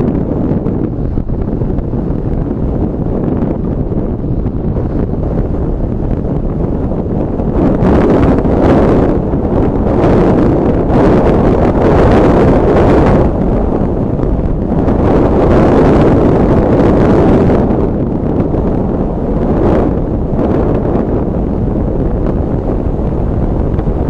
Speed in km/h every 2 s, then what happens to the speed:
48, 49, 54, 59, 61, 64, 64, 63, 63, 62, 63, 64.
0-10 speeds up to 64. 10-24 steady at about 63.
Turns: none.